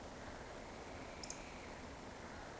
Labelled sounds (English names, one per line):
Eurasian Woodcock